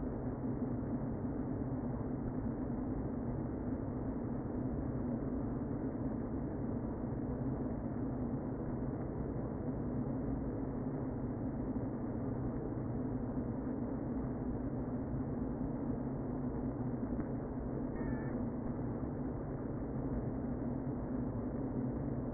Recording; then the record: honeybee colony, microphone inside the hive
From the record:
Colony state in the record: queen present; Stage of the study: before two queens were removed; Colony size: about 60,000 bees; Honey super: yes